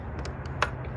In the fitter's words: Hear the pop.